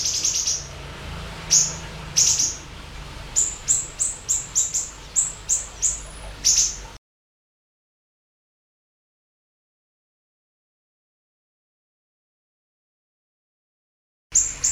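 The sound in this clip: Siri-siri giving bright, high chirps, singly and in quick runs, for about seven seconds, then silence until one last burst of notes at the end.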